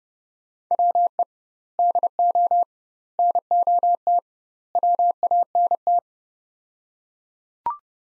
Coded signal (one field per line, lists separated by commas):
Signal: Morse code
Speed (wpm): 32 wpm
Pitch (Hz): 700 Hz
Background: none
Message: WE DO NOT WANT